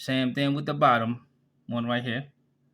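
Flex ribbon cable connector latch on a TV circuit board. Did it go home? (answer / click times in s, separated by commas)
no / none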